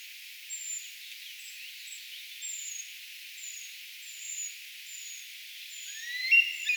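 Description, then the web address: Eurasian treecreeper calls: a series of fine, high notes repeated at short intervals, ending with a lower rising sound. Brood of young calling, recorded 4 June 2025; identification is tentative. "paivat 4 6 2025 tietaakseni puukiipijapesueen aantelya"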